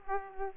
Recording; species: mosquito wingbeat signal from an infrared sensor; Aedes aegypti